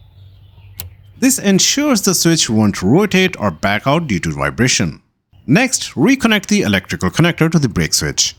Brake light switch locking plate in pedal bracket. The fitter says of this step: Now, push the locking plate upward until it clicks into place.